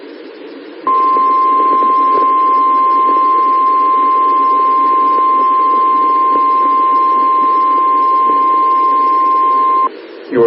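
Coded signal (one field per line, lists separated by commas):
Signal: Emergency Alert System (SAME) tones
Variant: 1050 Hz attention tone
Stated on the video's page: Weekly tests recorded on the road.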